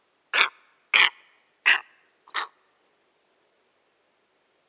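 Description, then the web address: Steppe eagle uttering four loud, rasping barks in quick succession, the last one weaker, then a silent pause before another bark begins. "Schulze Peter Steppe Eagle"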